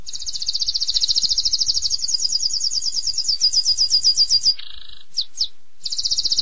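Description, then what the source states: Canary song with a long rapid rolling trill that slows into pulsed notes, a lower buzzy note, brief pause, then trilling again; faint low background hum. Canary song used as a training recording (masteran) for other birds; described as gacor, meaning singing constantly.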